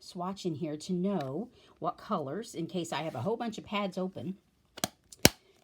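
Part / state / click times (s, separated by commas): ink pad closing into its plastic case / seated / 5.2 s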